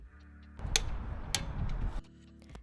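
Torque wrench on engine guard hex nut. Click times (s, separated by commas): 0.8 s, 1.4 s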